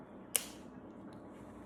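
A plastic single-use lancet is pressed firmly against a patient's fingertip until its spring mechanism fires with a sharp click at 0.4 s, confirming it worked. The brief snap stands out against quiet room noise, and no one talks during the clip.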